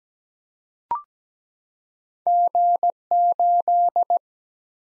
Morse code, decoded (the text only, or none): G 8